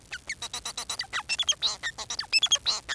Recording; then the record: song of a male Bengalese finch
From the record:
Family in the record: son of father 4